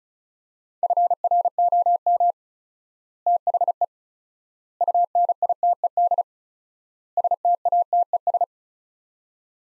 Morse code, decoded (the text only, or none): FROM THE UNITED STATES